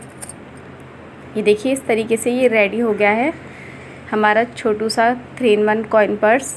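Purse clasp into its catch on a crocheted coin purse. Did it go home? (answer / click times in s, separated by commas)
yes / 0.3 s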